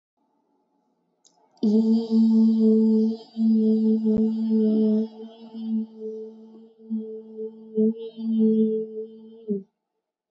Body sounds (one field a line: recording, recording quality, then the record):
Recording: sustained vowel as in beet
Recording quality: excellent, no background noise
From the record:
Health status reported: exposed to COVID-19, no respiratory illness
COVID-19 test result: negative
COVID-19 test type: RT-PCR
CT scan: not taken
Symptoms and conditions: sore throat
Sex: female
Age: 22 years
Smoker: no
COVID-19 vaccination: one dose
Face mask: not worn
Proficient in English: yes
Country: India